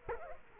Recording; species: mosquito wingbeat signal from an infrared sensor; Culex quinquefasciatus